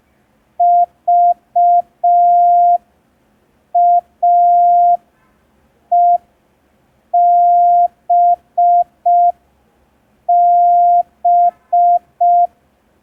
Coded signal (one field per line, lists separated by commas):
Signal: Morse code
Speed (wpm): 5 wpm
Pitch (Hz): 700 Hz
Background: none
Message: VAEBB